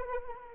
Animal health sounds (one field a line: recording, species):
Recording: mosquito wingbeat signal from an infrared sensor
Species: Anopheles arabiensis